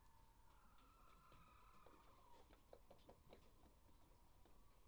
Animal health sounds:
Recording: poultry house recording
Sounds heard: healthy chickens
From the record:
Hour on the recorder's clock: 21

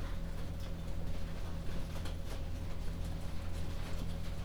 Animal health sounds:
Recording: poultry house recording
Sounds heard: no chicken sound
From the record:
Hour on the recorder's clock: 22

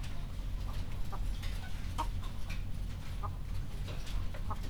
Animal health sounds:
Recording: poultry house recording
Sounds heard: sick chickens (respiratory disease)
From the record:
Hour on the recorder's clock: 22

